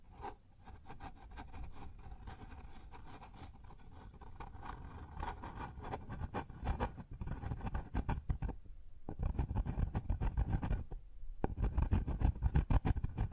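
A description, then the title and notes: Scraping and rubbing sounds on a wooden surface, a dense run of quick rasping strokes that grows louder and rougher toward the end. Two brief pauses near 9 and 11 seconds break the scratching, and a faint steady tone sits underneath throughout. ASMR Sounds on Wooden Surface (No Talking).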